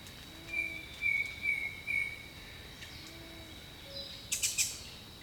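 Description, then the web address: Bird whistling about four clear notes in quick succession, then quieter chirps and a brief burst of high twittering, with a hissing insect background. Jungle birdsong. "Echoes of Nature - Jungle Talk Jungle Birdsong"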